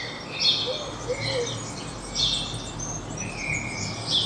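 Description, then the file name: House sparrow chirps, short bright notes in loose bursts, over steady background noise. "Passer domesticus"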